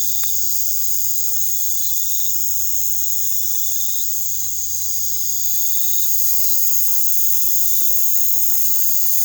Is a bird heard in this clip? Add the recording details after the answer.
no. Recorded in pastures near Puerto Asís, Putumayo, Colombia, on 22 December 2024 at 19:00. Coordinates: 0.487, -76.322. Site GP09